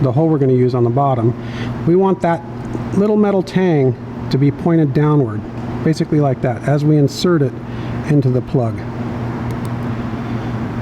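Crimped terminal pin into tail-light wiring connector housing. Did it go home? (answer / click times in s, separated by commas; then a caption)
no / none. A crimped terminal pin for a Jeep JK LED tail-light wiring harness is lined up at the bottom hole of the plastic tail-light wiring connector housing, with its little metal tang pointed downward, before being pushed home. Someone talks over a steady low background hum. Nothing has seated or clicked yet.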